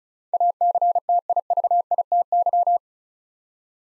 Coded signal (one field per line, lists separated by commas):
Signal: Morse code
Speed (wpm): 36 wpm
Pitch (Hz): 700 Hz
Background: none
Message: ACTIVITY